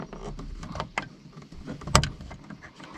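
A FITCAMX Sony STARVIS 2 4K HDR dashcam wiring plug for an Audi Q2 / RSQ2 is pushed into the vehicle wiring socket in the roof/mirror area, with soft handling rustles around it. A sharp, bright click at 1.9 s marks the plug seating, and the connector is then connected.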